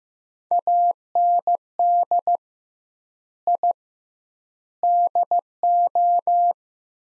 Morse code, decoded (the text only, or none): AND I DO